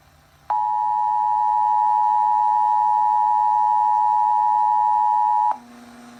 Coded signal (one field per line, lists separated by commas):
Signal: Emergency Alert System (SAME) tones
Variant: 853 and 960 Hz attention tone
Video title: EAS 140 SVR